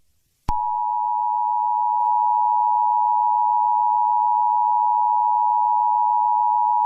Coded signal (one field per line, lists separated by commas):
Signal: Emergency Alert System (SAME) tones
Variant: 853 and 960 Hz attention tone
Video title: Eas Scenario: LAX-888